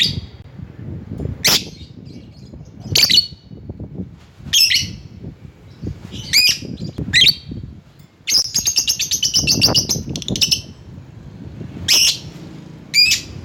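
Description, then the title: Lovebird calls: harsh high chirps every second or two, with one longer rapid buzzy chattering burst after the middle. Lovebird calling a rival. "Lovebird Memanggil Lawan"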